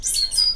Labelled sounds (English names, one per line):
Stitchbird song